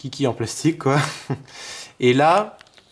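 Someone talks while handling an internal part of a Nokia 808 phone, working it toward the small plastic tabs of the phone's plastic frame. A couple of faint ticks sound near the end, around 2.7 and 2.8 seconds, but the part has not yet snapped under the tabs; nothing has seated or clicked yet.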